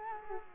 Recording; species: mosquito wingbeat signal from an infrared sensor; Culex quinquefasciatus